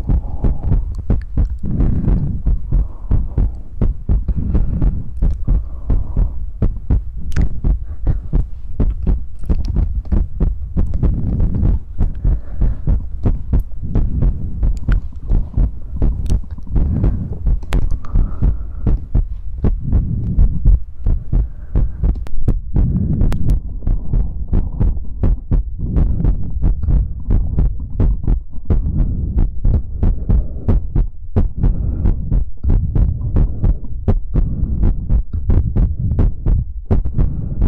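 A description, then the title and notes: Mouth sounds run without pause: a dense, irregular stream of sharp wet clicks and smacks over soft, throbbing low thumps that pulse almost like a heartbeat. The level stays steady throughout, with a faint low hum underneath. ASMR Mouth Sounds.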